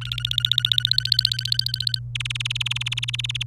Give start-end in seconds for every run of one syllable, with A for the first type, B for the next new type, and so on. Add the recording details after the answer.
0.01-1.99 A, 2.15-3.43 B. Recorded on 27 April 2018 at 15:44. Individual llb3